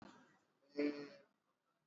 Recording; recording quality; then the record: sustained vowel as in made; poor, much background noise or distortion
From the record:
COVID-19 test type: RT-PCR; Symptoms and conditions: cough, cold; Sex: male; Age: 26 years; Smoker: yes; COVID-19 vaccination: both doses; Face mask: worn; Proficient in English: yes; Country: India